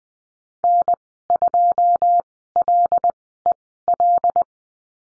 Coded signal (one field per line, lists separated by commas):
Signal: Morse code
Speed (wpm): 20 wpm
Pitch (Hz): 700 Hz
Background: none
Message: N2LEL